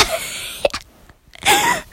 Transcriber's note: kissing